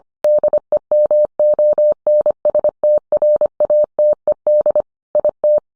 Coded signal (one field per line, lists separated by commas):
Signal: Morse code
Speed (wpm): 25 wpm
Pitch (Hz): 600 Hz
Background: none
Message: DEMONSTRATED IT